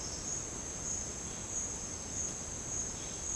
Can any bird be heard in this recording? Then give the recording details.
no. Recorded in secondary vegetation near Puerto Asís, Putumayo, Colombia, on 21 March 2025 at 10:00. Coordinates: 0.485, -76.322. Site G040